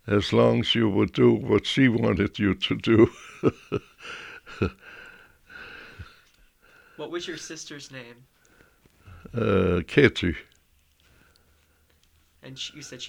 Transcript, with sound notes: as long as you would do what she wanted you to do. ( he laughs )
What was your sister's name?
Uh, Katie.
And she...